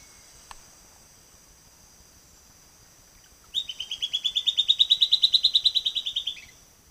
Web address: Natures Songs S America Eastern Lowlands. Sclateria naevia, song